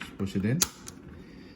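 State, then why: Seated. Someone talks while a coin cell battery is pushed, plus side facing down, into its holder inside a plastic Cadillac Escalade key fob, placed back the way it was before. A single short click is heard at 0.9 s as the battery seats in the holder.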